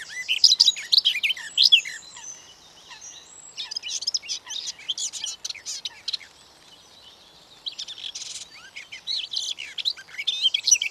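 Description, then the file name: Garden warbler singing long runs of quick, jumbled warbling notes, broken by brief pauses, then resuming in a steady, bubbling flow. "Beccafico"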